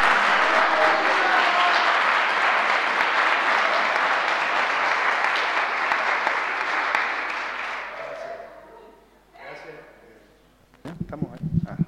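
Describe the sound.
Loud, dense audience applause at a talk held by the Asamblea Giardino Despierta fills about eight seconds, a steady wash of many clapping hands that then fades, followed by a few scattered claps and a voice speaking.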